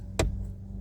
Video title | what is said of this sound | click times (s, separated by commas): 2005 Dodge Durango ignition lock cylinder replace | it kind of snaps into place that's how you do it fellas | 0.2 s